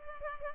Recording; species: mosquito wingbeat signal from an infrared sensor; Culex pipiens